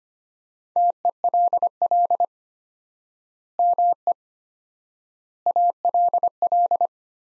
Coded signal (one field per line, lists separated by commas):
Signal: Morse code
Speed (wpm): 25 wpm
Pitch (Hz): 700 Hz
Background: none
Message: TELL ME ALL